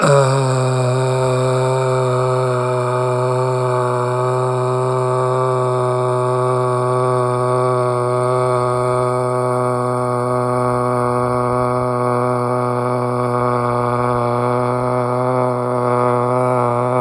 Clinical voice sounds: sustained vowel /a/; male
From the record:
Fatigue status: no fatigue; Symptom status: symptomatic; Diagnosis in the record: COVID-19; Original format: m4a

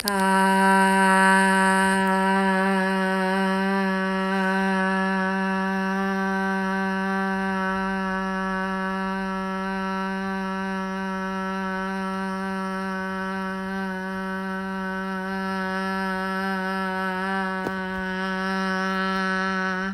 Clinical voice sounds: sustained vowel /a/; female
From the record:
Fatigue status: no fatigue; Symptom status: symptomatic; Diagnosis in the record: COVID-19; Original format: m4a

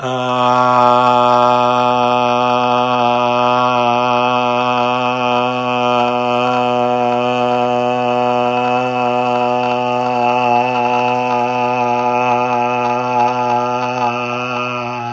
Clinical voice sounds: sustained vowel /a/; male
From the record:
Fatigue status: fatigue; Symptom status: symptomatic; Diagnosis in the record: COVID-19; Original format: m4a

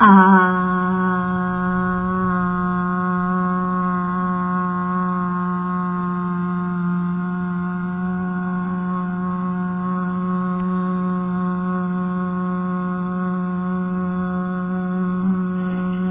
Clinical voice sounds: sustained vowel /a/; female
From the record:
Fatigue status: no fatigue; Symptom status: symptomatic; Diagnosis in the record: COVID-19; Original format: 3gp

